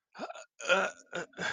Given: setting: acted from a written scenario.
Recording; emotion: vocal sound without words; embarrassment